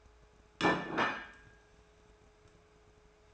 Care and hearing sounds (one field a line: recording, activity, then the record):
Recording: daily activity, microphone in the room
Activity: place plate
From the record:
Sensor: 2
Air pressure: 1014.9 hPa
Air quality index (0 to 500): 205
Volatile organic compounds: 21 ppm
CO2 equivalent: 2707 ppm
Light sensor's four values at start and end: 20/45/20/22 and 20/43/20/22